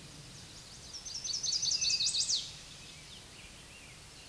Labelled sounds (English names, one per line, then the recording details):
Chestnut-sided Warbler song
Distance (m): 10 m
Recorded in a Pennsylvania forest on 16 May 2024 at 07:05
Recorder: AudioMoth, point MSD-0178
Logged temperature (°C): 15.3 °C
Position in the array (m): 81 m, 61 m